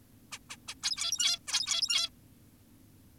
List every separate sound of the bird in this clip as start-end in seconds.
0.32-0.39, 0.50-0.57, 0.68-0.75, 0.83-1.39, 1.48-2.10